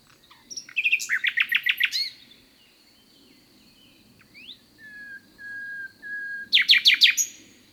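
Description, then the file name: Common nightingale song: rapid repeated chirping notes, a rising whistle, then pure sustained whistled tones, ending with another fast repeated burst. "Luscinia megarhynchos"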